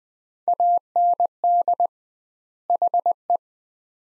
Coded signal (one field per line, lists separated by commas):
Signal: Morse code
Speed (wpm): 20 wpm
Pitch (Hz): 700 Hz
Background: none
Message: AND HE